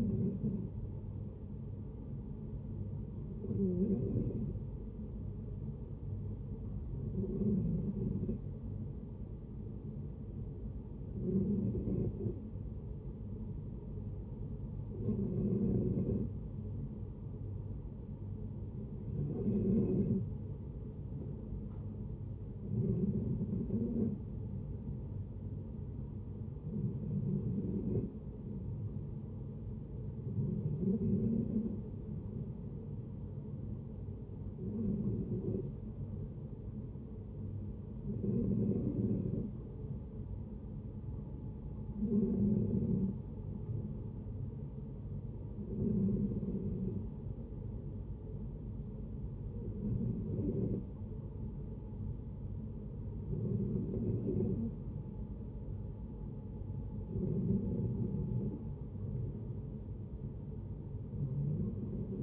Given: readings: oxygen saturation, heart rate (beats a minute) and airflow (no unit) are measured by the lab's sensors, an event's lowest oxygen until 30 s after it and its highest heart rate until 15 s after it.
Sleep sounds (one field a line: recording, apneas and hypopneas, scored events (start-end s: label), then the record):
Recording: breathing in sleep by a smartphone at the bedside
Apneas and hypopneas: 1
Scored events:
7.00-22.40 s: hypopnea (N1, oxygen 92% highest, then 89% lowest, heart rate 64 at the start, 70 highest)
27.00-62.23 s: new sleep stage, N2 (light sleep)
From the record:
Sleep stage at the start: N1 (lightest sleep)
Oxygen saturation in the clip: 89 to 92%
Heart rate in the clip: 62 to 71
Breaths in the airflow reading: 16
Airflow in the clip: -6.3 to 5.2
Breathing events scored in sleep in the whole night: 496 in 5.4 hours asleep